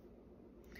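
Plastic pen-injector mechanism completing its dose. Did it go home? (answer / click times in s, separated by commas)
no / none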